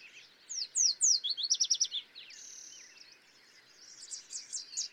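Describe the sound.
Yellow warbler song: a few loud, sharply slurred notes followed by a fast, even series, then quieter warbling.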